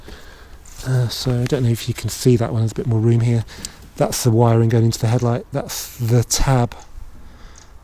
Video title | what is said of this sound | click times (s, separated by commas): MK6 VW GOLF INSTALL GUIDE - OSRAM LEDriving XENARC LIGHTS | and so you put your thumb on that, hear it click, and then just pull. | 7.6 s